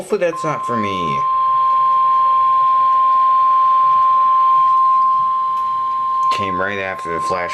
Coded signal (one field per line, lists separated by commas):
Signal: Emergency Alert System (SAME) tones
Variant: 1050 Hz attention tone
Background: speech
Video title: NOAA Weather Radio - EAS #307 - Tornado Warning - 6/12/13 - 10:58 PM